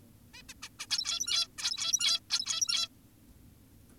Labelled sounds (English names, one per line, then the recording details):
Zebra Finch
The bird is an adult
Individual g17y2U